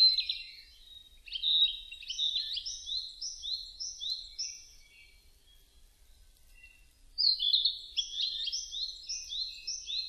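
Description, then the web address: Narcissus flycatcher song, two bursts of quick repeated whistled phrases, each note sliding up and down, the first burst lasting about five seconds, a pause, then another. Recorded 2 May 2005. "2005 050502 kibitaki"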